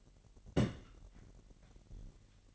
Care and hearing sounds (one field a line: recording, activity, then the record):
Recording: daily activity, microphone in the room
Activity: place on stove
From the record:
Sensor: 4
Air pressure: 1012.8 hPa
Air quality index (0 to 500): 238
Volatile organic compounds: 4 ppm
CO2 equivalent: 1583 ppm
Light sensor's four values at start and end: 30/71/29/29 and 30/71/29/29